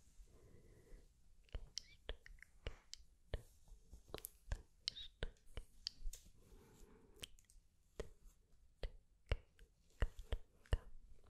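Quiet hand movements make frequent sharp clicks and wet, squishy taps, with soft breathy murmurs underneath.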